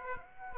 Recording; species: mosquito wingbeat signal from an infrared sensor; Aedes aegypti